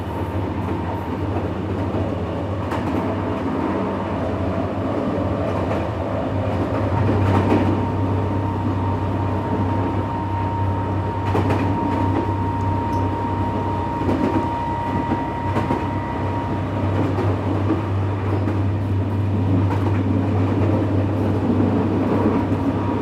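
A train rolls along at a steady pace, its low, constant rumble filling the whole 23 seconds. Sharp clicks and knocks from the tracks recur irregularly, and a thin whine rises and fades through the middle. No voices are heard.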